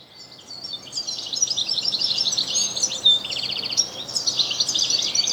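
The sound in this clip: European goldfinch, rapid bright twittering that builds after a quiet start, broken by brief buzzy rattling phrases and sharp high chips.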